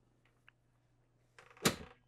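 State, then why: Seated. A pivoting seat in a 2024 King Aire RV is swung back to face forward, with a faint tick near 0.5 s and a rising rustle and creak of the seat turning from about 1.4 s. The seat's swivel lock in the seat base engages with a sharp, loud clunk at 1.7 s, locking the seat into place, and the sound fades out shortly after.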